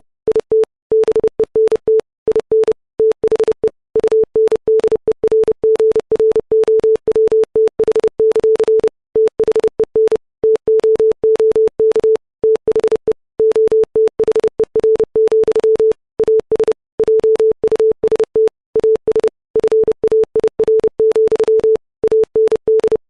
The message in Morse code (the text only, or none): IT BENT IN THE UNDERGROWTH; THEN TOOK THE OTHER, AS JUST AS FAIR, AND